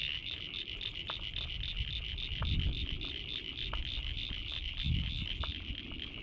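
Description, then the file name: Frogs in a steady, buzzing chorus of high trills with occasional sharp clicks, over a constant low rumble. Several frogs, North Head, Sydney, Australia. "Frogs at North Head Sydney Australia"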